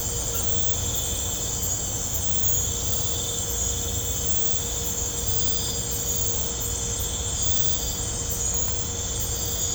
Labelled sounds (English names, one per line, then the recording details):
none
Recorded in pastures near Puerto Asís, Putumayo, Colombia, on 16 December 2024 at 03:00
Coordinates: 0.502, -76.324
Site G077